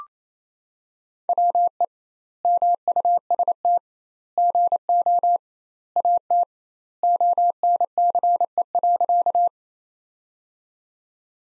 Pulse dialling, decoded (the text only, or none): none